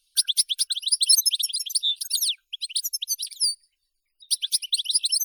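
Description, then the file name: European goldfinch delivering a long, lively stream of high, tinkling twitters and chirps, pausing briefly before resuming the bright, rapid song. "Golosa ptic - CSHegol Carduelis carduelis"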